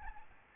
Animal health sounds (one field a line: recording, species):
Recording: mosquito wingbeat signal from an infrared sensor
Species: Aedes albopictus